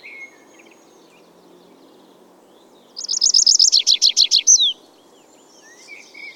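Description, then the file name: Tree pipit delivering one bright phrase of repeated high trilled notes lasting under two seconds, finishing with a downslurred note; quieter bird calls are heard before and after it. "Ruud van Beusekom - Lesnoj konyok Anthus trivialis"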